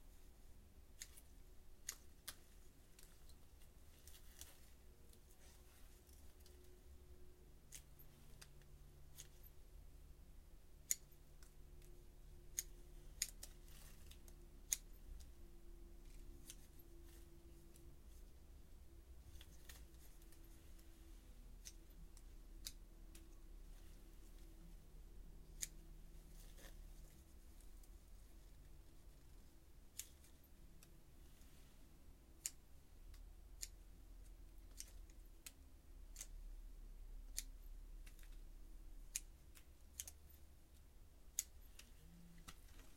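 Evening harvest work: freshly picked mizukakena greens being prepared for shipping. Sharp snips and clicks, like scissors or trimming, occur irregularly throughout over a steady low hum. Faint murmuring tones drift in the low range now and then.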